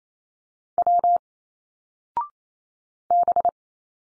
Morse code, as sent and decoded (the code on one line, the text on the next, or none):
.-- / -...
W B